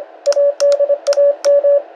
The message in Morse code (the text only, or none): ADAM